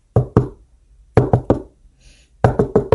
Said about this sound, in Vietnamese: bên ngoài tiếng đập cửa càng nặng nề hơn.